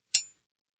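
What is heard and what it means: A metal folding front backup sight on a rifle rail is pushed in and folded down until it locks flat. A single sharp metallic click sounds at 0.1 s, then rings briefly and fades out. The sight is seated, locked flat and low profile.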